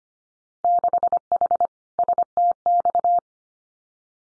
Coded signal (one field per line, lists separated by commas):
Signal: Morse code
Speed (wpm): 25 wpm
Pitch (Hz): 700 Hz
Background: none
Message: 6H STX